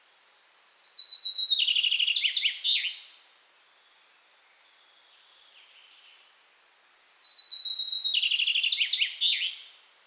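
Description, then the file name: Common chaffinch singing two similar phrases separated by a pause of a few seconds, each a rapid descending trill of clear notes ending in a short emphatic flourish. "Fringilla coelebs"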